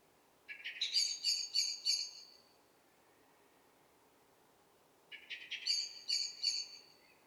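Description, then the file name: Eurasian blackbird's harsh chattering call in two short bursts of clicking notes, separated by a few seconds of quiet background hiss. "Turdus merula"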